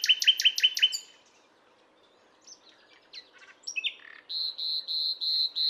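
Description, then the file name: Common nightingale song: a fast rhythmic trill of repeated notes, a pause, soft varied notes, then a series of pure evenly spaced whistled notes. "Luscinia megarhynchos"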